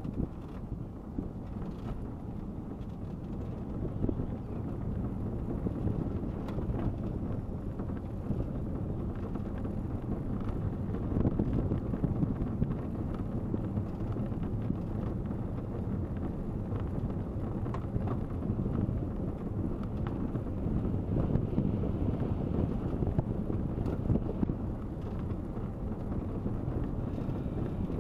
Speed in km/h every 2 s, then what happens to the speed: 14, 16, 17, 17, 19, 18, 18, 17, 18, 19, 19, 19, 21, 20.
0-28 steady at about 18.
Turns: none.